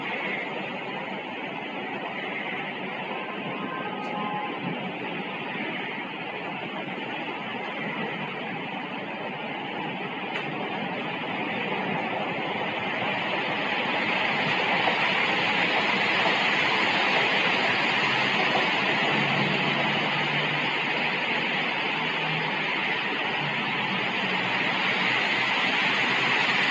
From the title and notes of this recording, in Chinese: 雨，你终于来了。近日闷热难耐，昨晚更是热到无法入眠。还好雨来了。